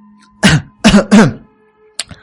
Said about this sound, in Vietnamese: ở một bên ho khan hai tiếng, sau đó cất lời.